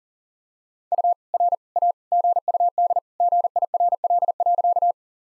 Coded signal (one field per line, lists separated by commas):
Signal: Morse code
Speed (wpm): 40 wpm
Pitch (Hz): 700 Hz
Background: none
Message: U R A GUD GIRL.